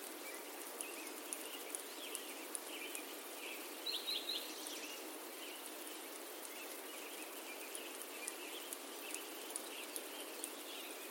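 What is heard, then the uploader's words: Morning in the mountains, with a steady, dense chorus of birds chirping and trilling over a constant bed of soft hiss. A sharp run of high chirps stands out just before the four-second mark, and faint ticks recur throughout. Rocky Mountain Forest Morning. Captured July 2021.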